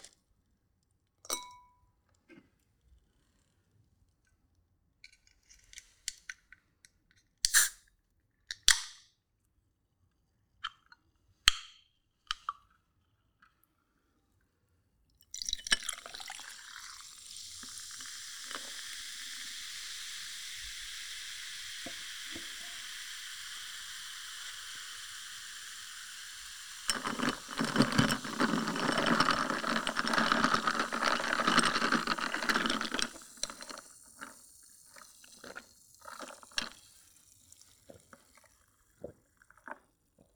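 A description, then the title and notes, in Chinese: Cola being poured, with bubbles popping. The first fifteen seconds are quiet apart from scattered clinks and taps as the bottle and glass are handled. Then a steady bright fizzing starts, swells into a louder, fuller pour around 27–33 seconds, and fades into crackling bubbles. 倒可樂的啵啵聲｜Pouring Cola。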